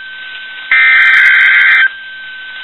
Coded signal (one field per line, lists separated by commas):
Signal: Emergency Alert System (SAME) tones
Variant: header bursts